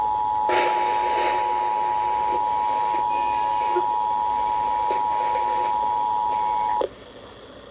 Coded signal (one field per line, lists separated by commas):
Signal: Emergency Alert System (SAME) tones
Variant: 853 and 960 Hz attention tone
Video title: EAS/NWR Alert or message #365-377?: Ohio's Required Monthly Test but longer